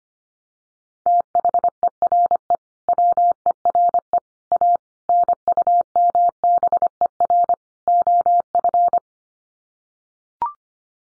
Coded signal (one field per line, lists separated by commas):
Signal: Morse code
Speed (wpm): 25 wpm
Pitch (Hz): 700 Hz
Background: none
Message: THERE WERE A NUMBER OF